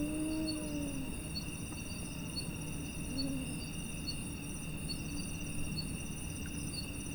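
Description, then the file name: Arabian eagle-owl hooting, a low falling hoot at the start and a brief second hoot later, with constant shrill insect trilling behind. Five individuals hooting at dusk. "Arabian Eagle Owl Hooting Of Five Individuals At Dusk"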